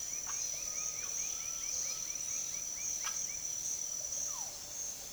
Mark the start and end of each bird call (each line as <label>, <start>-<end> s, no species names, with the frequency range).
bird call (0.5-6.0 kHz), 0.00-3.44 s
bird call (0.4-2.6 kHz), 3.94-4.61 s